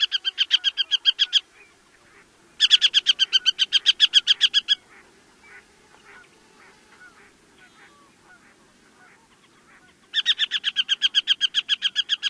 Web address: Songs of Birds of North America Know Your Bird Sounds. Northern Harrier